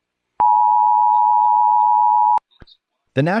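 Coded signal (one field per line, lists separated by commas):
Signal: Emergency Alert System (SAME) tones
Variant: 853 and 960 Hz attention tone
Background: speech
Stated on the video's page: Fake earthquake early warning scenario, not a real alert.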